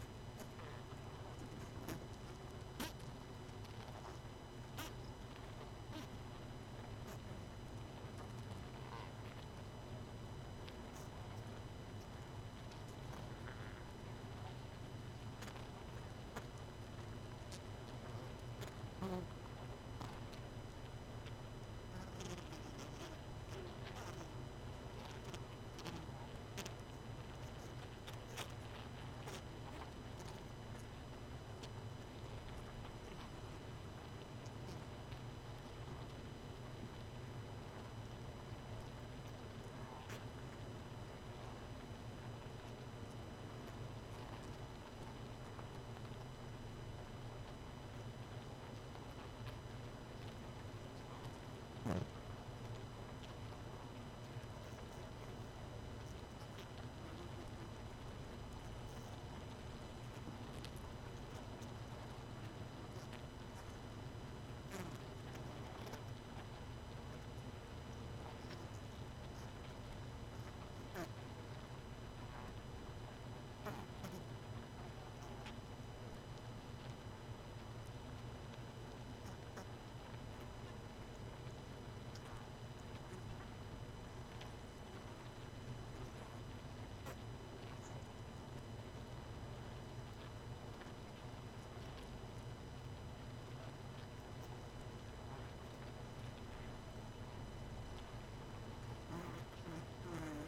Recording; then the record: honeybee colony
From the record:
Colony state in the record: missing queen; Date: 31 May 2018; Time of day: 23:31